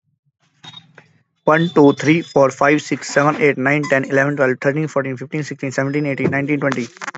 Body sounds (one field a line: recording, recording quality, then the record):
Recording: counting at a fast pace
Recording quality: moderate, slight background noise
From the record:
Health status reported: healthy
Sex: male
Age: 35 years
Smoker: no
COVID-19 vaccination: both doses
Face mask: not worn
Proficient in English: yes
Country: India